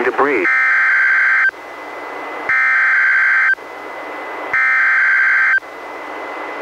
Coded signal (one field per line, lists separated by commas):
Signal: Emergency Alert System (SAME) tones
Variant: header bursts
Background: speech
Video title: EAS #478-487: NWR 9 Special Marine Warnings and 1 Tornado Warning- Mar. 19, 2021